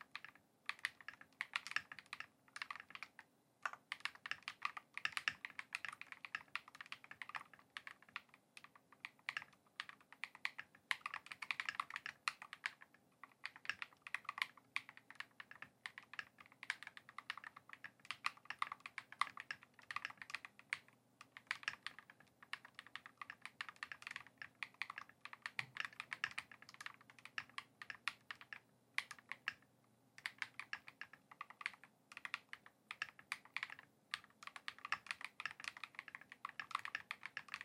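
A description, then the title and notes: Typing on a keyboard fills the whole recording, a dense, fast run of crisp clicks and taps with brief pauses around 4, 13 and 31 seconds. The keys sound bright, and a faint low hum sits underneath from about 14 to 30 seconds. KiiBOOM Phantom 81 V2 Typing ASMR | NO Talking.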